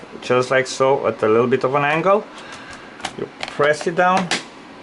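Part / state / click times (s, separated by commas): bottom cover clips into laptop chassis / not seated / none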